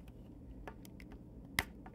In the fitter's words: Clicks in place like that and when the arm